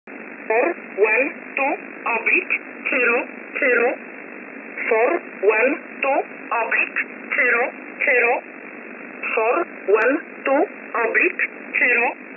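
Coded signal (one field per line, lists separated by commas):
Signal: numbers station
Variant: E11 Oblique, English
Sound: synthetic-sounding voice reading short words at a steady rhythm over shortwave SSB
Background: radio static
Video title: 10 05 2021 Number station E11 Oblique in English to Eu 0450 on 7469 unknown tx site in USB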